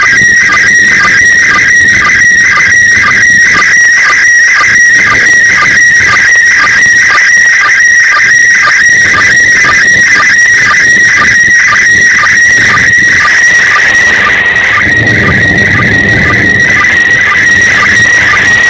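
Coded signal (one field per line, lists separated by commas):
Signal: SSTV (slow-scan television)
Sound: warbling high tone with steady rhythmic lower chirps about twice a second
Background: radio static, wind noise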